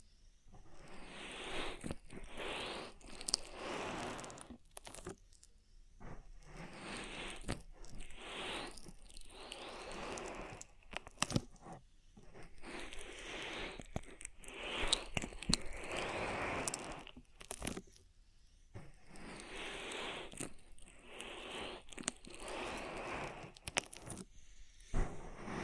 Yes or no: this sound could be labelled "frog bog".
no